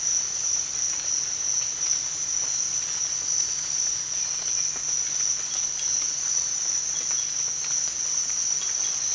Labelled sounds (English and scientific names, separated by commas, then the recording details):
none
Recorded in dense forest near Puerto Asís, Putumayo, Colombia, on 27 June 2025 at 05:00
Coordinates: 0.468, -76.322
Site GP03